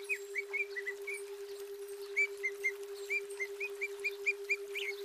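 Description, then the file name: Greater green leafbird: clear, slurred whistled notes given in a loose series, with a constant low tone humming underneath. Female bird; used as nature therapy. "terapi alam cucak ijo betina"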